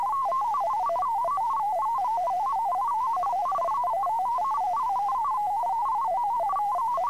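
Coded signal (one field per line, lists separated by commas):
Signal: multi-tone FSK (Olivia or MFSK type)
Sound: rapid burbling melody of single tones stepping up and down, continuous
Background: faint steady high tone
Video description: At the end of the video is a test message you can use to practice with to make sure everything is set up and working properly.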